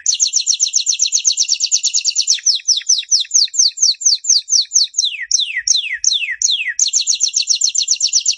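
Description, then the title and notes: Canary singing a rapid, even, high trill, then a run of quick downward sweeps, before returning to the fast trill at the end. Master song recording used for training canaries. "Suara Burung Kenari Masteran. master suara burung kenari"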